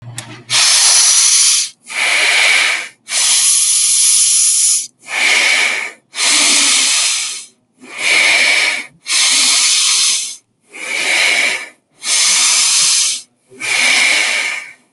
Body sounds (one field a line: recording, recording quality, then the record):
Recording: deep breathing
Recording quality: excellent, no background noise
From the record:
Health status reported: healthy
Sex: male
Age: 27 years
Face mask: not worn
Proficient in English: no